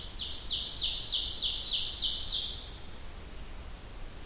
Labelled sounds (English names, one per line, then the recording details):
Ovenbird song
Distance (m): 30 m
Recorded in boreal forest in Alberta, Canada, on 30 June 2016 at 07:19
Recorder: SongMeter 3, array SBT-6-79
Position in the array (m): 215 m, 19 m
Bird 39